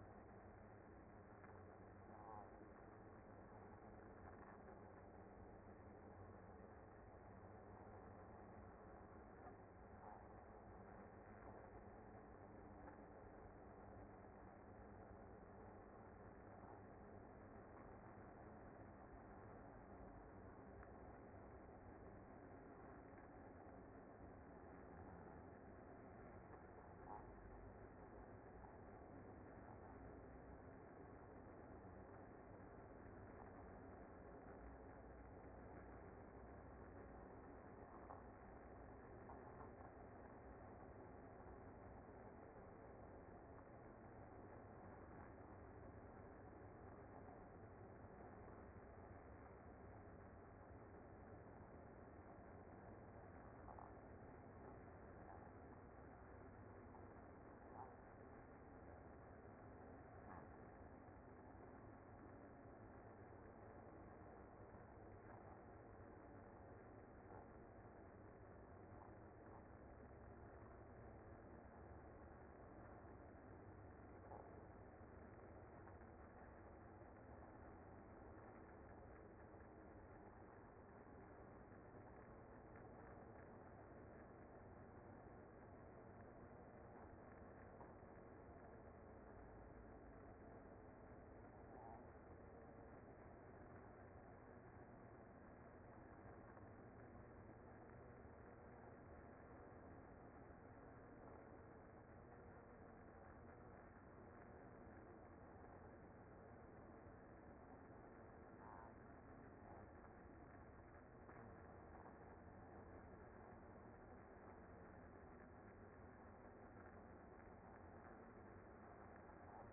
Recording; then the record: honeybee colony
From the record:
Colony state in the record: active